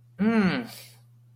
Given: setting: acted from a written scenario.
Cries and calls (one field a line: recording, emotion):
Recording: vocal sound without words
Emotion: anger